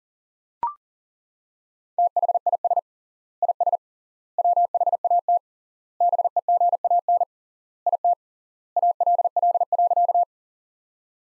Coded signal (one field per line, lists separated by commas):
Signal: Morse code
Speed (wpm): 40 wpm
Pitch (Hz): 700 Hz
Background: none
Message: THIS IS WHAT BEGAN IT ALL.